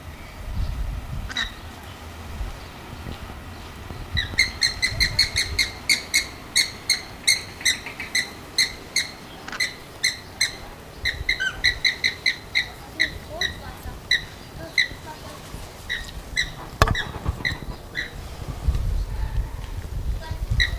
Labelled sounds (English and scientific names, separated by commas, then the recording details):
Andean Flamingo (Phoenicoparrus andinus) aggressive call
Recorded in captivity
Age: adult
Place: Zoo Berlin, Berlin, DE
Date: 2000-08-29 13:59
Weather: heiter, 21°C
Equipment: Nagra SN, Kopie Uher 4000 Report Monitor
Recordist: Tembrock, Günter